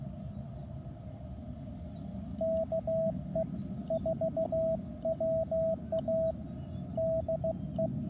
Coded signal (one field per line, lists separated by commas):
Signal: Morse code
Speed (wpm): 17 wpm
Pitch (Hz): 660 Hz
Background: radio noise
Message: KE4WA DE